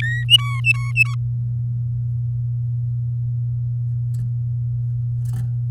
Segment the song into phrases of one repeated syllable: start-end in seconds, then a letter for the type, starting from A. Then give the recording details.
0.01-0.25 A, 0.29-1.15 B. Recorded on 9 May 2018 at 05:32. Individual llb16